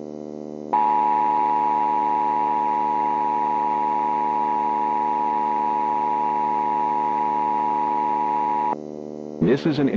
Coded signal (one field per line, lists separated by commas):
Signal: Emergency Alert System (SAME) tones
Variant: 853 and 960 Hz attention tone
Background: speech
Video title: The Uprising Pt. 2 (EAS Scenario)